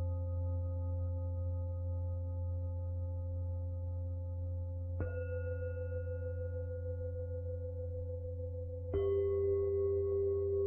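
Tibetan singing bowls ring in long, steady tones over a deep, constant low hum. A fresh strike lands around five seconds, adding a brighter ringing layer, and another comes near nine seconds, slightly louder, bringing in a new mid tone that sustains to the end.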